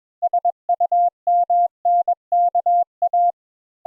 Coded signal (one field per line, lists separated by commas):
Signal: Morse code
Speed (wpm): 21 wpm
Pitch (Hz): 700 Hz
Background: none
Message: SUMNKA